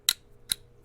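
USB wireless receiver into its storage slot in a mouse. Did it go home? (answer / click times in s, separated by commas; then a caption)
yes / 0.1 s. A tiny USB wireless receiver, about fingertip-sized, is pushed into its storage slot in the body of a folding mouse, where a magnet pulls it in. A sharp click at 0.1 s shows it seating firmly so it won't fall out, followed by a softer second tick at 0.5 s.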